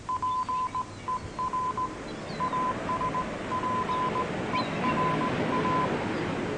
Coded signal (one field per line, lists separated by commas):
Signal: Morse code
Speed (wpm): 18 wpm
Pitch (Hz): 1010 Hz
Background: none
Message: PER ASPERA